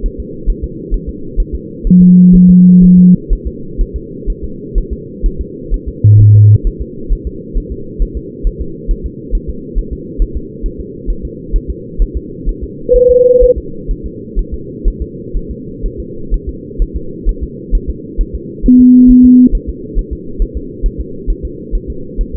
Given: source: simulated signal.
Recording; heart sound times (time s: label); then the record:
fetal heart sounds
0.06 s: S1
0.20 s: S2
0.50 s: S1
0.64 s: S2
0.94 s: S1
1.09 s: S2
1.40 s: S1
1.55 s: S2
1.87 s: S1
2.02 s: S2
2.35 s: S1
2.50 s: S2
2.84 s: S1
2.99 s: S2
3.33 s: S1
3.47 s: S2
3.81 s: S1
3.96 s: S2
4.30 s: S1
4.44 s: S2
4.78 s: S1
4.93 s: S2
5.26 s: S1
5.41 s: S2
5.74 s: S1
5.88 s: S2
6.21 s: S1
6.35 s: S2
6.67 s: S1
6.82 s: S2
7.12 s: S1
7.27 s: S2
7.58 s: S1
7.72 s: S2
8.02 s: S1
8.17 s: S2
8.47 s: S1
8.62 s: S2
8.91 s: S1
9.06 s: S2
9.35 s: S1
9.50 s: S2
9.79 s: S1
9.93 s: S2
10.22 s: S1
10.37 s: S2
10.66 s: S1
10.81 s: S2
11.10 s: S1
11.25 s: S2
11.56 s: S1
11.70 s: S2
12.02 s: S1
12.17 s: S2
12.49 s: S1
12.64 s: S2
12.96 s: S1
13.11 s: S2
13.44 s: S1
13.58 s: S2
13.91 s: S1
14.06 s: S2
14.39 s: S1
14.54 s: S2
14.88 s: S1
15.02 s: S2
15.37 s: S1
15.51 s: S2
15.86 s: S1
16.00 s: S2
16.34 s: S1
16.49 s: S2
16.82 s: S1
16.97 s: S2
17.29 s: S1
17.43 s: S2
17.75 s: S1
17.90 s: S2
18.21 s: S1
18.35 s: S2
18.66 s: S1
18.81 s: S2
19.11 s: S1
19.25 s: S2
19.55 s: S1
19.69 s: S2
19.99 s: S1
20.13 s: S2
20.42 s: S1
20.57 s: S2
20.86 s: S1
21.01 s: S2
21.30 s: S1
21.45 s: S2
21.75 s: S1
21.90 s: S2
22.21 s: S1
22.36 s: S2
From the record:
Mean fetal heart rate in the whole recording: 130 bpm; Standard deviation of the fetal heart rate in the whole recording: 4 bpm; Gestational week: 38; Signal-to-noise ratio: -4.3 dB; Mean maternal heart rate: 72 bpm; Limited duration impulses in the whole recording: present